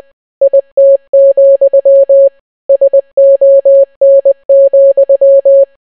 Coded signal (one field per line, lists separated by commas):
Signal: Morse code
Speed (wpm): 20 wpm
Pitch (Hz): 550 Hz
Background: none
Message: IT, SON,